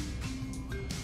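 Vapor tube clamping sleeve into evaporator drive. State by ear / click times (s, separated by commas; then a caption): not seated / none. A vapor tube clamping sleeve is slid over the vapor tube and pushed on tight into the evaporator drive, with brief handling sounds near 0.7 s and 0.9 s over a steady, music-like background. Nothing has seated or clicked yet; the clip ends just before the part goes home.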